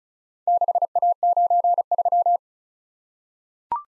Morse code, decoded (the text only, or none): 6A93